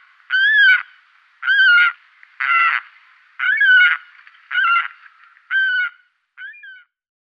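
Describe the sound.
Saker falcon giving harsh, nasal squealing calls, seven separate notes about one per second, the last one softer and shorter.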